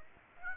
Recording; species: mosquito wingbeat signal from an infrared sensor; Aedes aegypti